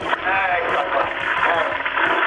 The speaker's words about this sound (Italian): A 5 stelle, uno sciacquone a 5 stelle.